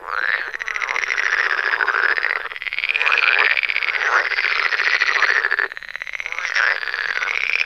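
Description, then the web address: Pool frogs calling in a dense chorus, long rattling croaks with nasal harmonics running almost continuously, briefly dipping twice before resuming. "Tajemnice puszczy Zaba jeziorkowa"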